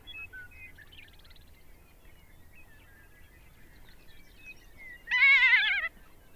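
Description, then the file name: Ferruginous hawk giving one loud, rasping, slightly wavering scream that falls in pitch, preceded by soft, scattered high notes. "Ferruginous Hawk Buteo regalis"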